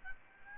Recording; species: mosquito wingbeat signal from an infrared sensor; Aedes albopictus